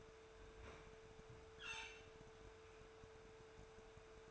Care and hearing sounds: daily activity, microphone in the room; open fridge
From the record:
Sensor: 2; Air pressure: 1014.8 hPa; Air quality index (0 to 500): 195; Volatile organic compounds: 17 ppm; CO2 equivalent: 2572 ppm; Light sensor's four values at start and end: 26/65/28/31 and 26/64/28/31

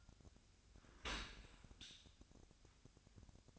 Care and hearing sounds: daily activity, microphone in the room; open dishwasher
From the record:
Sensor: 2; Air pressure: 1006.5 hPa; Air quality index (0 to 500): 202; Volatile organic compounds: 15 ppm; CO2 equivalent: 2479 ppm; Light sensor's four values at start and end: 9/22/9/9 and 9/21/9/9

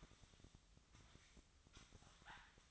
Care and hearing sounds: daily activity, microphone in the room; sweep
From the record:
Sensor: 3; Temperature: 24.8 degrees Celsius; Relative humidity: 38.3%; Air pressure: 1003.1 hPa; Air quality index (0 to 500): 196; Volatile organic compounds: 6 ppm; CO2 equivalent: 1913 ppm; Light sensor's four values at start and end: 15/36/15/16 and 15/36/15/16

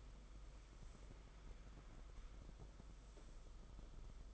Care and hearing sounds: daily activity, microphone in the room; sweep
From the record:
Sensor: 5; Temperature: 22.1 degrees Celsius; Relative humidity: 50.0%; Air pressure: 991.5 hPa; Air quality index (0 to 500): 120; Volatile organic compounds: 44 ppm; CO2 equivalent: 3207 ppm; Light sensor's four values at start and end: 42/132/50/54 and 42/132/50/54

